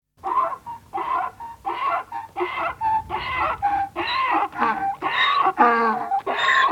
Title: Bruitages Fous. Gebalk Van Een Ezel